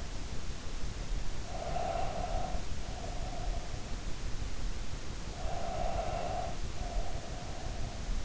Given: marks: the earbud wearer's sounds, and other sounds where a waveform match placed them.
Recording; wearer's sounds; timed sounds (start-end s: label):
sounds in sleep by an in-ear microphone; breath
1.38-3.87 s: breath
5.20-8.25 s: breath